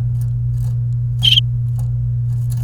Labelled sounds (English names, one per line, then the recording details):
Domestic Canary song
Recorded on 29 April 2018 at 11:21
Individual llb3